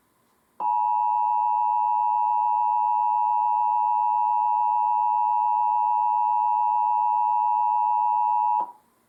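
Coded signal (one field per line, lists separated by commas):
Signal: Emergency Alert System (SAME) tones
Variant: 853 and 960 Hz attention tone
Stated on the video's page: National Periodic Test SAME tones captured from Portland TV stations, DirecTV channels, and an FM station that carried only the tones.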